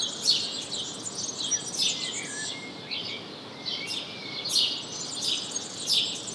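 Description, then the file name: House sparrow chirps in an uneven series, some notes clustered and overlapping, with a faint lower whistle and a soft hiss throughout. "Passer domesticus"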